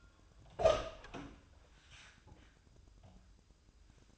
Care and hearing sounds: daily activity, microphone in the room; open door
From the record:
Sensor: 2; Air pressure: 1004.7 hPa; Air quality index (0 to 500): 75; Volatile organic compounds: 1 ppm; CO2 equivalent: 892 ppm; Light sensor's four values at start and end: 7/16/6/7 and 7/16/7/7

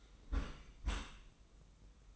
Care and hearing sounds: daily activity, microphone in the room; close dishwasher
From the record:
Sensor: 1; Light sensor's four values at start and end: 25/58/24/26 and 25/58/24/26

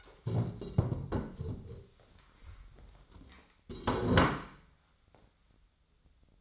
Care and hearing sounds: daily activity, microphone in the room; stand up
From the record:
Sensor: 3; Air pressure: 1015.2 hPa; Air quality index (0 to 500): 134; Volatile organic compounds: 6 ppm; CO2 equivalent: 1904 ppm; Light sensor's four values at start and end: 13/33/13/14 and 15/38/15/16

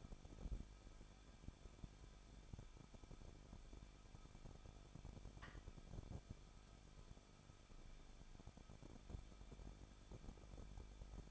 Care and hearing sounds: daily activity, microphone in the room; no activity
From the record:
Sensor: 5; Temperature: 20.8 degrees Celsius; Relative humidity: 38.3%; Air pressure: 1006.4 hPa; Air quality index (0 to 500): 188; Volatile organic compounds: 19 ppm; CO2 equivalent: 2648 ppm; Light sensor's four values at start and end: 2/3/1/1 and 2/3/1/1

